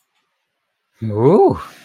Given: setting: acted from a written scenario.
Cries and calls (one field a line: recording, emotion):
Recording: vocal sound without words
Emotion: desire